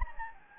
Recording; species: mosquito wingbeat signal from an infrared sensor; Anopheles gambiae